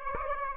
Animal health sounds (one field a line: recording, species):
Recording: mosquito wingbeat signal from an infrared sensor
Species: Aedes aegypti